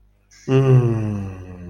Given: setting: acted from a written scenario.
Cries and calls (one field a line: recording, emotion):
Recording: vocal sound without words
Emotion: contentment